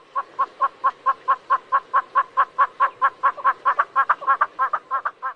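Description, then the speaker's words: Southern yellow-billed hornbill calling: a long run of hollow clucking notes, becoming doubled toward the end. Endemic to the dry savannas of southern Africa. "That's the call of the southern yellow-billed hornbill, which is endemic to the dry savannas of southern Africa."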